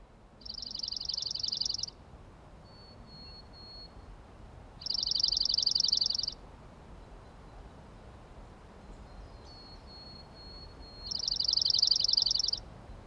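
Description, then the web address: Dark-eyed junco giving three dry, even trills of rapid high notes, each lasting about one and a half seconds, with faint thin whistles between them and a quiet background hiss. "soundandlightecologyteam"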